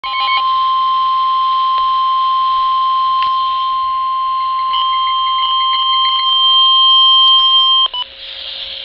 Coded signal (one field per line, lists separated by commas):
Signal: Emergency Alert System (SAME) tones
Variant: 1050 Hz attention tone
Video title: Flash Flood Warning [EAS 37] | NOAA Weather Radio (7/7/2011)